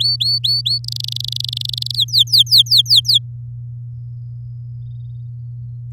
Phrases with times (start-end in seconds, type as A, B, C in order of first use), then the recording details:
0.00-0.78 A, 0.84-1.96 B, 1.96-3.18 C. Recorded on 10 May 2018 at 07:23. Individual llb16